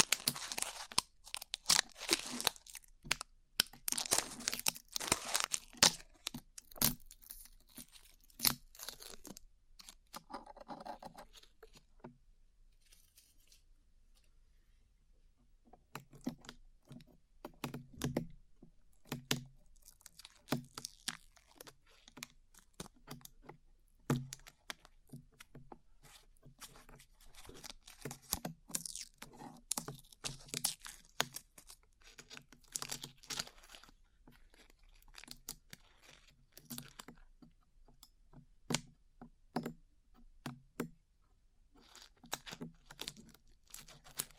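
Dry peeling and sticky tearing sounds crackle right at the ear, dense and busy for the first ten seconds. A near-silent pause follows around 13 to 16 seconds, then irregular bursts of crinkling, snapping and tugging return until the end.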